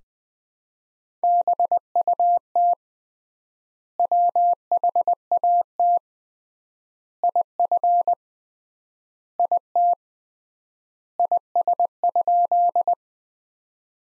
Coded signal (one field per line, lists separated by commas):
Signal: Morse code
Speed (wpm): 20 wpm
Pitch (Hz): 700 Hz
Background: none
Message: BUT WHAT IF IT IS?